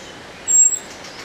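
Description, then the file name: Common blackbird giving a single high, thin, level whistle held briefly. "Turdus merula"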